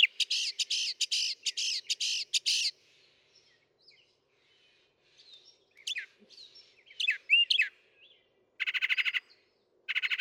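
Northern mockingbird song: harsh buzzy notes repeated rapidly, a pause, scattered squeaky slurred notes, then more buzzy bursts.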